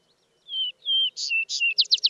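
Vesper Sparrow: two long, slightly falling whistles, then two buzzy notes and the start of a quick trill, all in about two seconds.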